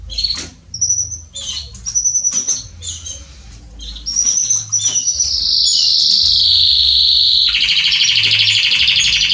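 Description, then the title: Belgian canary song opening with short whistled notes, then building into a long, continuous buzzy trill that lowers in pitch. Male Belgian canary singing a lot, used to warm up and train young canaries. "Canary Training Esquente Seu Filhote E Canario Belga Em 30 Minutos Macho Cantando Muito. CANTO DO CANRIO"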